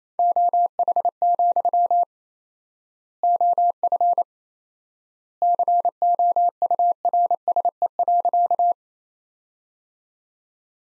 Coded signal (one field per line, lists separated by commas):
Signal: Morse code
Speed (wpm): 28 wpm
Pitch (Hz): 700 Hz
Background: none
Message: OH, OF COURSE.